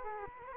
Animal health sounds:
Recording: mosquito wingbeat signal from an infrared sensor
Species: Culex quinquefasciatus

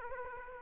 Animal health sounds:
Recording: mosquito wingbeat signal from an infrared sensor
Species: Aedes aegypti

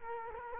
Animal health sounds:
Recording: mosquito wingbeat signal from an infrared sensor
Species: Culex quinquefasciatus

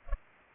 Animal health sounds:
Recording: mosquito wingbeat signal from an infrared sensor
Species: Culex pipiens

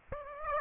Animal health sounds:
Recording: mosquito wingbeat signal from an infrared sensor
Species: Aedes aegypti

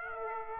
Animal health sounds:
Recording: mosquito wingbeat signal from an infrared sensor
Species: Aedes aegypti

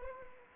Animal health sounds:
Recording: mosquito wingbeat signal from an infrared sensor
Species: Anopheles arabiensis

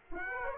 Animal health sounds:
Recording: mosquito wingbeat signal from an infrared sensor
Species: Aedes aegypti

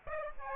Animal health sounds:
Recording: mosquito wingbeat signal from an infrared sensor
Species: Aedes aegypti

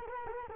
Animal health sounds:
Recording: mosquito wingbeat signal from an infrared sensor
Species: Culex quinquefasciatus

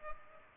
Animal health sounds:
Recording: mosquito wingbeat signal from an infrared sensor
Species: Culex pipiens

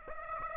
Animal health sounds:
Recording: mosquito wingbeat signal from an infrared sensor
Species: Aedes aegypti

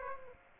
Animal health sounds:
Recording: mosquito wingbeat signal from an infrared sensor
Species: Aedes aegypti

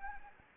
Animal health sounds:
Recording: mosquito wingbeat signal from an infrared sensor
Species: Anopheles gambiae

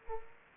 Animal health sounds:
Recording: mosquito wingbeat signal from an infrared sensor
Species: Culex pipiens

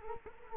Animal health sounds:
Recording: mosquito wingbeat signal from an infrared sensor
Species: Culex quinquefasciatus

